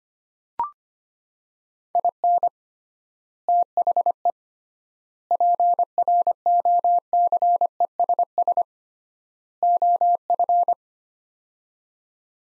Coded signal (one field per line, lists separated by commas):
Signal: Morse code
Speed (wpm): 25 wpm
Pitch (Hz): 700 Hz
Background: none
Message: IN THE PROCESS OF